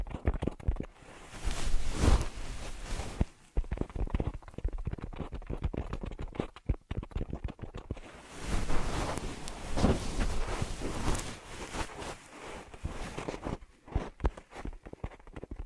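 Ear massage triggers: dense, crackly rubbing and rustling that swells and fades in waves, loudest around two seconds and again from eight to eleven seconds. Short quiet gaps break the texture, and quick tapping, brushing strokes fill the softer stretches.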